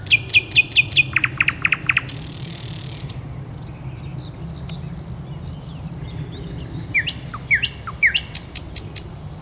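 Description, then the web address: Nightingale song opening with rapid repeated clicks and a noisy burst, followed by scattered high calls and slurred whistles. "soud solovejj"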